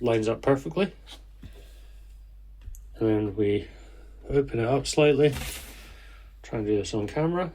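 A OnePlus Pad 3 tablet sits in its magnetic keyboard case while the case is opened up slightly to set it into keyboard mode, with the stand and latch being moved toward position. Someone talks throughout, with a couple of faint handling ticks near 2.6 to 2.8 s. The stand and latch have not snapped into place yet, and nothing has seated or clicked by the end of the clip.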